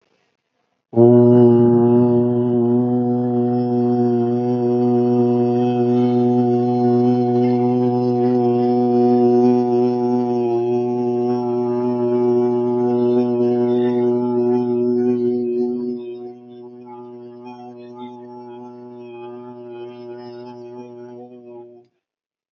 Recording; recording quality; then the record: sustained vowel as in boot; excellent, no background noise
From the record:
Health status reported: respiratory illness, not identified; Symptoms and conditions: none ticked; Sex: male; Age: 30 years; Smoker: not ticked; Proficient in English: yes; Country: India